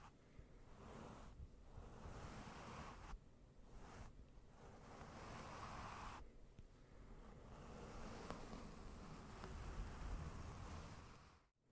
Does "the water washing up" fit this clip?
no